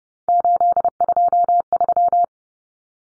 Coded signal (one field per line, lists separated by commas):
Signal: Morse code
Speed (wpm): 30 wpm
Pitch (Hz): 700 Hz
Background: none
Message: 823